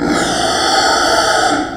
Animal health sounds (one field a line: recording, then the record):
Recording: squeal of a Yucatan mini pig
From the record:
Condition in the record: before surgery on the right vocal fold (resection and tissue-engineered implant)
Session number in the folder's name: 3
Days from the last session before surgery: 0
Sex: female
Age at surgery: 19 weeks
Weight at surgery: 25 kg